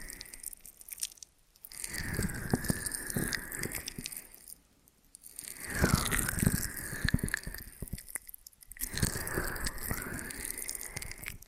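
Ear and scalp massage: crackly rubbing and scratching strokes come in three long bursts, each separated by a brief near-silent pause.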